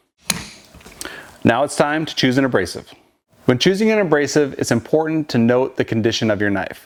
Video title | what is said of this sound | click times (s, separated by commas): Professional Precision Adjust ELITE - Video Users Guide | carefully insert the V block clamp in into the sharpening chassis until it clicks into position | 0.3 s